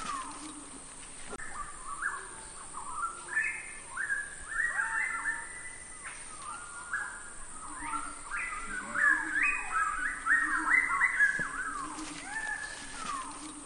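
Northern variable pitohui calls: clear, mellow whistled notes that step up and down in runs, over a constant high hum.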